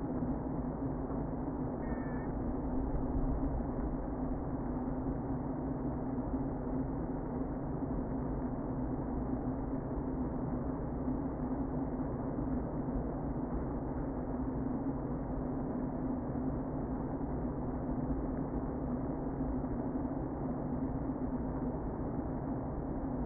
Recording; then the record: honeybee colony, microphone inside the hive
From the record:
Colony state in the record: queen present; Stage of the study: before two queens were removed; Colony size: about 60,000 bees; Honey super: yes